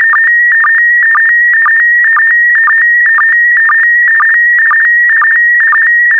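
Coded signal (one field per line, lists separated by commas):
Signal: SSTV (slow-scan television)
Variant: PD120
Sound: steady warbling high tone with short low blips about twice per second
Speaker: three two one so so so so so transmission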